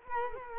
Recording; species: mosquito wingbeat signal from an infrared sensor; Culex quinquefasciatus